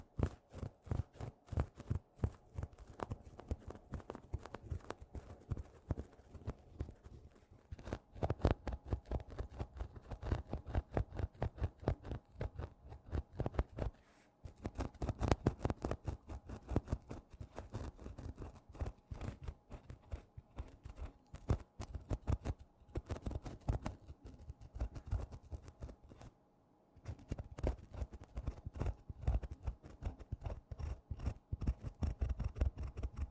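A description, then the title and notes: Close, dry scratching on a textured cushion fabric, rapid and continuous in bursts, with brief pauses near fifteen and twenty-seven seconds. TimASMR-Mini-Scratching on Tapestry Cushions in Macro (NO TALKING).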